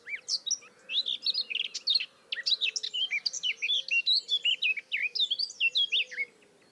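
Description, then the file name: Eurasian blackcap song: a dense, tumbling warble of high chirps and fluty slurs, nearly continuous with one brief pause. "Sylvia atricapilla"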